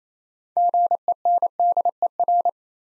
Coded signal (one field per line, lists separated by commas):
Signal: Morse code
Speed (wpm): 27 wpm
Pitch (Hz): 700 Hz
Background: none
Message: GENDER